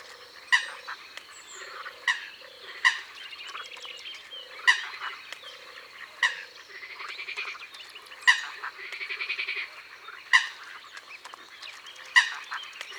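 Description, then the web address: Eurasian coot giving several loud, explosive single calls amid softer nasal chatter and low croaking notes. "Foulque-macroule abc-de-la-nature"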